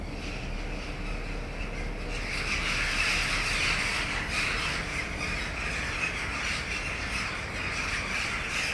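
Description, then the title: Jackdaws in a noisy group, quieter scattered calls at first, then a thick swell of overlapping harsh chatter after two seconds that continues to the end. Jackdaws in a backyard on 20 December 2010. "backyard, jackdaws 101220"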